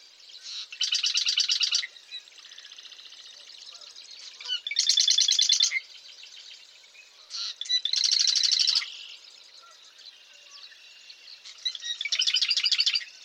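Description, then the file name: Marsh wren song: buzzy, rattling trills with a mechanical, chattering quality, delivered in bursts about every three to four seconds, with softer chatter between phrases. Eastern male marsh wren recorded in Massachusetts. "Massachusetts 1 Eastern-male-108 Ma Wr-MA"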